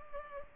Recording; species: mosquito wingbeat signal from an infrared sensor; Culex pipiens